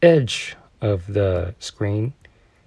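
A Nintendo Switch OLED in a Supcase Unicorn Beetle Pro protective case is lined up with the edge of the screen and its TV dock, about to be pushed down onto the dock's connector, while someone talks. Nothing has seated or snapped into the dock yet.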